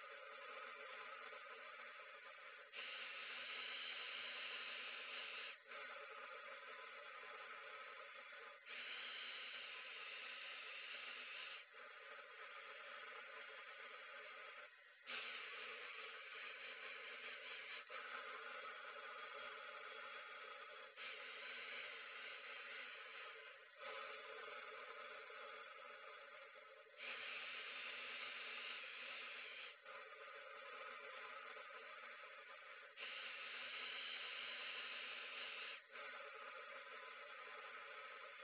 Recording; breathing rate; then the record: paced breathing near a phone; 10 breaths a minute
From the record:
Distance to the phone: 20 cm